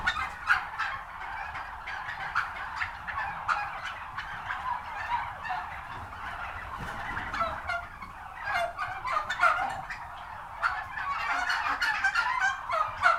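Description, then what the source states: Many turkeys gobbling together, a dense chattering chorus with bursts of sharper, louder calls now and then. Recorded at a turkey farm.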